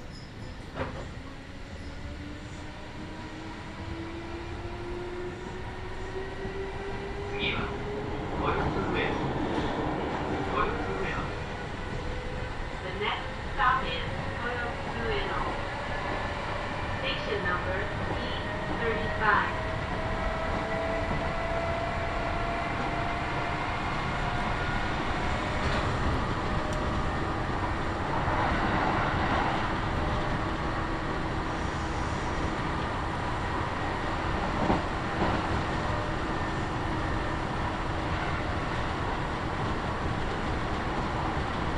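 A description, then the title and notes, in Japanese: A Kintetsu Nagoya Line local train runs between stations, its steady rumble filling the whole clip. Rising and falling motor whines sweep slowly upward through the first half, with short clicks and rattles scattered throughout and faint voices in the background. 近鉄名古屋線各駅停車 白子→津新町。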